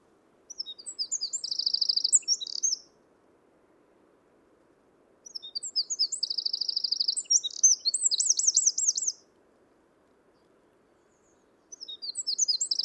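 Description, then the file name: Eurasian wren song: three bursts of vigorous high twittering with a trill, separated by silence, the last cut off. "Troglodytes troglodytes"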